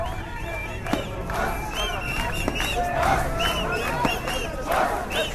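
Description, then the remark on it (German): A large crowd in Tahrir Square, Egypt, celebrating the people's overthrow of the regime, shouts and cheers continuously, many voices overlapping into a dense roar with repeated rising chants and occasional sharp cries standing out above the din. “Das Volk hat das System gestürzt, rufen die Massen.”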